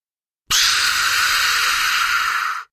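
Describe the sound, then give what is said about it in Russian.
White steam hisses out of a hole in a pipe in an underground passage in one steady, loud burst of high, airy noise, starting abruptly and holding evenly for about two seconds before cutting off quickly. No voices. “С таким звуком из дыры в трубе, рядом с которой я шел, вырвался белый пар.”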